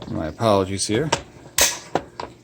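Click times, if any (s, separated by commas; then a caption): 1.6 s. A camera with a grooved mounting plate is slid into the track of a tripod head while someone talks. A sharp click at 1.6 s marks the plate engaging and locking into the track, followed by a few fainter clicks.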